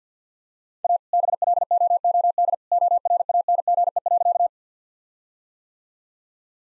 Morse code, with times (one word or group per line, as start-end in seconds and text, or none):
0.8-1.0 A
1.1-2.5 BLOOD
2.7-4.5 ORANGE.